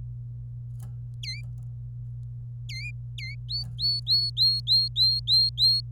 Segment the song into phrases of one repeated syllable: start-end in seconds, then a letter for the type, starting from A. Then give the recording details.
1.23-1.40 A, 2.69-2.90 A, 3.18-3.35 A, 3.50-5.80 B. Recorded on 26 April 2018 at 08:59. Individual llb3